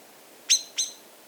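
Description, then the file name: Common blackbird uttering two quick, sharp ticking notes in succession, bright and clipped, against a quiet background. "Turdus merula"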